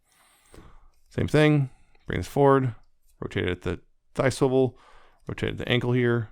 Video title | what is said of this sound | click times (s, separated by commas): Transformers Legacy Evolution Leo Prime | those hinges you want to clap this up until it kind of clicks into place like that | 0.5 s